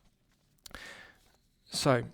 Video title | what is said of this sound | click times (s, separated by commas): Formex Reef 39.5mm 4K Watch Review | snapshot with a nice positive click and as you can see the strap will easily fit up to a 9in wrist | 0.7 s, 0.8 s